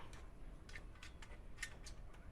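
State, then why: Not seated. The inner section of a homemade extendable tree pruner pole is pulled out toward its next stage so the spring lock pin can catch in a hole of the outer pipe. A string of short, sharp ticks rises over a steady low rumble, the strongest near 1.6 s. Nothing has seated or clicked into place yet.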